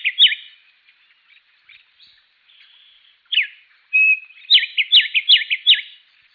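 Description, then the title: Bird song: varied high chirps and short whistled notes, a sustained whistle, then a fast series of sweeping, looping notes repeated several times. "LuckyPassaro Completos2Sama"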